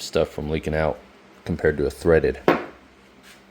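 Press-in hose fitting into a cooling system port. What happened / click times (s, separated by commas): The hose fitting is being handled but has not seated yet / none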